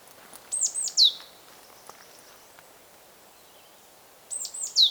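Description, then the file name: Great tit calls: two short bursts of three or four thin, high notes, each sliding downward, the second burst about four seconds after the first, over faint background hiss. "Parus major"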